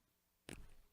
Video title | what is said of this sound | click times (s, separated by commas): Kore Essentials Watch Review | Here, you hear it click? Heard it click. | 0.5 s